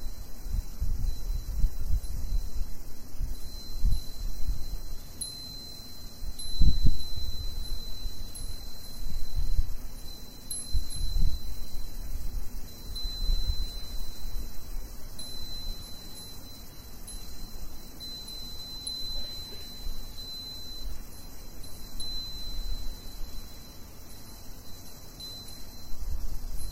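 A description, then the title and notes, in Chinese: Cicadas drone in a steady, high, unbroken whine while wind chimes tinkle faintly, over low gusty rumbling and a thump near seven seconds. 风铃蝉鸣声。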